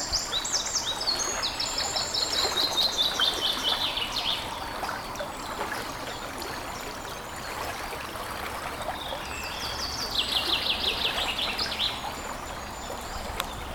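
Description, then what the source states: Eurasian wren song: a long run of high, rapid, sharply trilled notes lasting about four seconds, then a second burst near ten seconds, over the steady rush of a brook. Recorded beside a brook.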